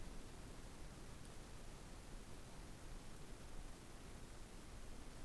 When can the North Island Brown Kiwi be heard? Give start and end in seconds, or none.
none